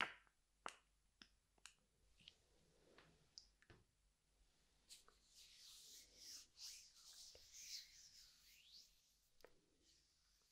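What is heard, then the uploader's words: An ear massage with sharp, isolated taps and snaps through the first four seconds, spaced irregularly about every half second. After that, soft bright rubbing and brushing swells take over, rising and fading in waves, with a few more crisp clicks near the end. EAR MASSAGE.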